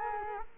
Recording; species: mosquito wingbeat signal from an infrared sensor; Culex quinquefasciatus